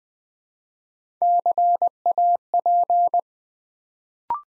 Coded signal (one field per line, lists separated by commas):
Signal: Morse code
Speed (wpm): 20 wpm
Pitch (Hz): 700 Hz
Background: none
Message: CAP